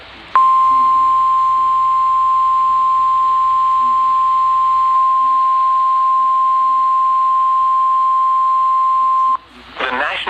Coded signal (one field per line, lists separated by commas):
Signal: Emergency Alert System (SAME) tones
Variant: 1050 Hz attention tone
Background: speech